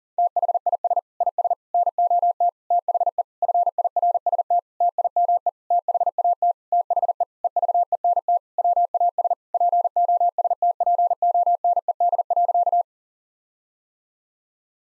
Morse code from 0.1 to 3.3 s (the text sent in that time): THIS IS NOT THE